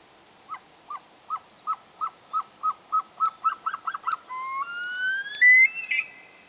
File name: Himalayan Snowcock Tetraogallus himalayensis